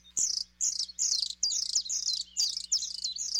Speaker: It's a beautiful male blue throat, his vivid azure throat and upper breast rimmed with rust.